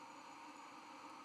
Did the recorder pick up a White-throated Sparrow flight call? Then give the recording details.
no. No flight call is heard. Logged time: 01:43 on 1 November 2014